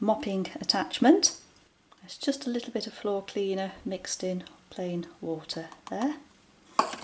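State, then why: Seated. Someone talks while a water-filled plastic mopping attachment, holding a little floor cleaner mixed in plain water, is fitted to the underside of an Ecovacs Deebot M81Pro robot vacuum. A sharp plastic snap at 6.8 s is followed by a smaller second hit at 7.1 s as the attachment seats into place.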